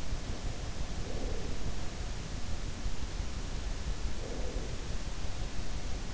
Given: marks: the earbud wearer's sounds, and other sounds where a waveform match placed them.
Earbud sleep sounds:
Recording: sounds in sleep by an in-ear microphone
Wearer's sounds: breath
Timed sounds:
0.31-1.73 s: breath
3.70-4.87 s: breath

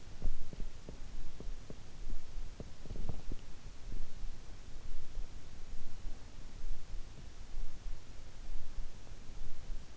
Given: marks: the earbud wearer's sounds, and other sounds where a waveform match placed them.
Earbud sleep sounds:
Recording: sounds in sleep by an in-ear microphone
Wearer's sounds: teeth grinding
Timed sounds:
0.00-4.19 s: teeth grinding

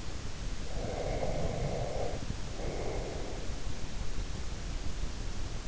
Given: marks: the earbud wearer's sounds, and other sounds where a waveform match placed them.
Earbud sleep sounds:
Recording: sounds in sleep by an in-ear microphone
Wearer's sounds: breath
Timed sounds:
0.67-3.58 s: breath

